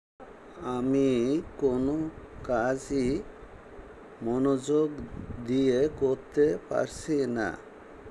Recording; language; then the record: elicited speech; Bengali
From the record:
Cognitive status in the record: dementia